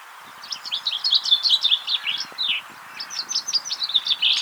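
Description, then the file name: Common chaffinch song: a rapid series of bright chirping notes that descends in steps over about two seconds, then a second quick phrase begins near the end. "Fringilla coelebs"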